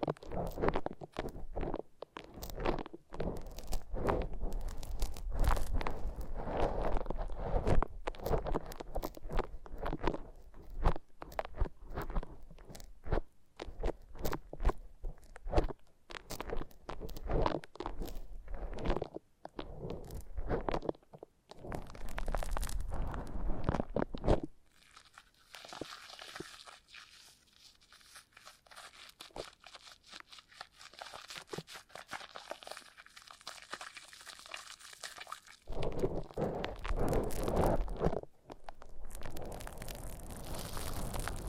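Foam massage: dense crunchy, squeaky rubbing and scrunching for twenty-five seconds, then a quieter hissing, thinner stretch before rubbing returns near thirty-six seconds.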